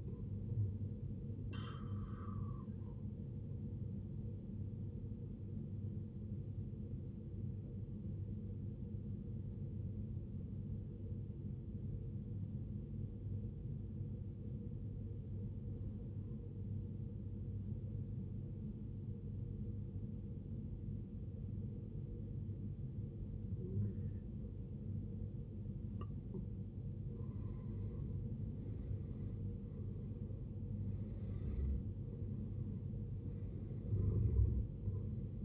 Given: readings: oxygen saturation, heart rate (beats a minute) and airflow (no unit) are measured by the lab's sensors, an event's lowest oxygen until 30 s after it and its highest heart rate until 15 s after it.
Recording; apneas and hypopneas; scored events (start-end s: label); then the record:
breathing in sleep by a smartphone at the bedside; 1
6.00-28.50 s: obstructive apnea (N1, oxygen 94% highest, then 78% lowest, heart rate 67 at the start, 74 highest)
From the record:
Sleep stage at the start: N1 (lightest sleep); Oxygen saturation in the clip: 80 to 94%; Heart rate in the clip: 58 to 74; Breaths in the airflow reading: 4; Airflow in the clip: -14.1 to 16.4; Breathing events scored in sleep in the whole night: 389 in 6.3 hours asleep